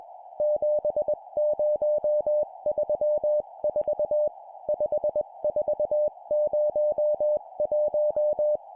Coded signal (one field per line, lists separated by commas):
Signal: Morse code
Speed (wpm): 21 wpm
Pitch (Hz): 600 Hz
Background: music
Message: 7034 5401